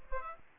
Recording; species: mosquito wingbeat signal from an infrared sensor; Aedes aegypti